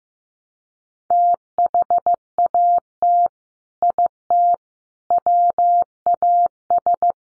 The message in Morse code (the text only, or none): THAT IT WAS